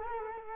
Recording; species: mosquito wingbeat signal from an infrared sensor; Culex quinquefasciatus